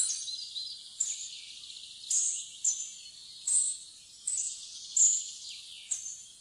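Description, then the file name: Spotted flycatcher giving thin, very high-pitched sharp calls, about one per second, each a brief squeaky note, over a faint hiss. "graa fluesnapper"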